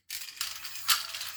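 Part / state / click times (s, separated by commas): magazine on the lower rail of an airsoft gun / not seated / none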